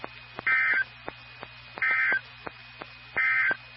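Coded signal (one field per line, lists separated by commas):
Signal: Emergency Alert System (SAME) tones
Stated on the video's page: EAS alerts from NOAA Weather Radio transmitters in Ohio.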